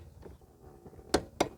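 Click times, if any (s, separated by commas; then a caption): 1.4 s. A torque wrench set to 45 ft-lb tightens the blade bolt on a Toro Recycler lawnmower while a block of wood holds the blade. After quiet low rustling, a sharp snap comes at 1.1 s, then the wrench gives a single click at 1.4 s. The bolt reaches the 45 ft-lb setting.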